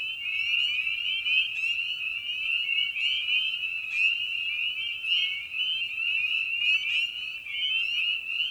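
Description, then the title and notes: Chorus of spring peepers, rapid high rising whistles stacked densely into a continuous shrill drone. Evening at a frog pond; tiny amphibian known for its distinctive song. "Episode 5: Night of the Peepers. we return to the frog pond for a meditative evening. Species in Focus: Spring Peeper (Pseudacris crucifer). Ian Carlsen"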